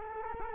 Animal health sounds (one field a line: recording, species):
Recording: mosquito wingbeat signal from an infrared sensor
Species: Culex quinquefasciatus